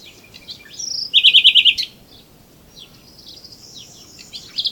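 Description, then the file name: Common nightingale song: soft scattered chirps, then a loud burst of rapid identical notes, followed by quieter varied twitters and a final sharp pair of notes. "Luscinia megarhynchos"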